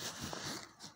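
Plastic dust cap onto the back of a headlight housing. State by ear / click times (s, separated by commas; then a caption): not seated / none. A plastic rear dust cap is handled against the back of the headlight housing on a Peugeot 308 phase 2, being pressed back on after the low-beam bulb is changed so the housing stays watertight. Only soft handling rustle and faint broadband noise are heard, and the cap has not clicked or seated yet.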